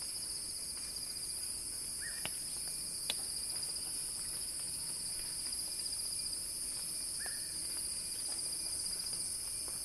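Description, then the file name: Cicada: steady high buzzing of cicadas throughout, with two brief calls and a couple of sharp clicks. Cicada song building in a crescendo. "earth-fm Axel-Drioli Cicada-Crescendo-Sounding-Wild"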